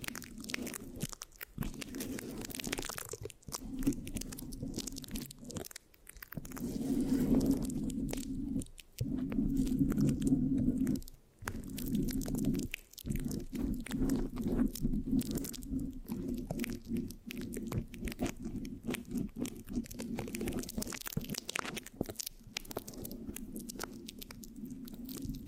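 Scratching and sticky rubbing on a microphone, with no talking, made of dense, uneven crackling and scraping strokes. A steady low hum runs underneath, and the sound swells louder around seven to eleven seconds. Brief near-silent gaps break it up every few seconds.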